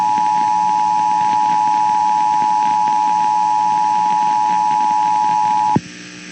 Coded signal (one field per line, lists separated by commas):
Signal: Emergency Alert System (SAME) tones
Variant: 853 and 960 Hz attention tone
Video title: Thanksgiving Day AMBER Alert! (Spectrum DTA TV EAS Alert)